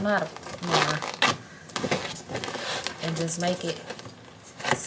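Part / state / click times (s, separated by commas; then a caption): plastic panel tab into plastic shoe storage box / seated / 4.7 s. A flimsy plastic panel or tab is pushed down into place while assembling a cheap plastic stackable shoe storage box, with someone talking and plastic crinkling and knocking throughout. It snaps into place at 4.7 s with a sharp click, showing it is seated.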